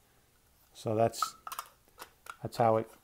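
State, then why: Not seated. Someone talks while handling the battery cover of a Kamrytech AK-47 200W TC box vape mod, moving it along its indented groove. A few light, brief ticks sound around 1.5, 1.6 and 2.3 seconds. The cover has not yet clicked into place, so nothing has seated.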